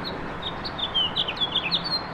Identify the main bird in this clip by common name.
House Finch